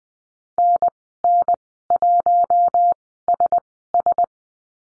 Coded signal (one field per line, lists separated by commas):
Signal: Morse code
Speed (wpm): 20 wpm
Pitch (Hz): 700 Hz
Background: none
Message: NN1SS